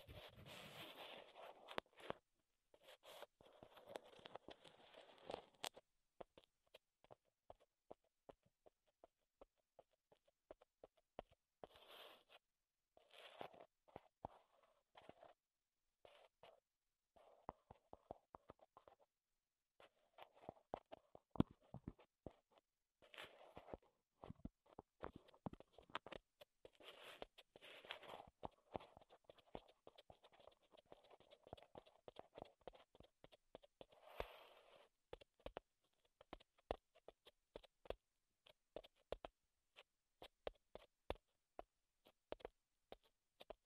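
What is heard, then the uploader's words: Wood triggers: a steady run of sharp, dry tapping and clicking, dense and irregular, with quick bursts of rapid taps around 3, 12, 23, 27 and 34 seconds. Softer scraping and rubbing fill the gaps between the clicks. ASMR Wood Triggers in Your Ears (No Talking).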